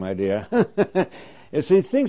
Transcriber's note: he laughs